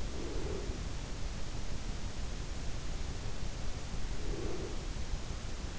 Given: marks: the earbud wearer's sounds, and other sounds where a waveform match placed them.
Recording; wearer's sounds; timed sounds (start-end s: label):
sounds in sleep by an in-ear microphone; breath
0.16-1.01 s: breath
4.11-5.05 s: breath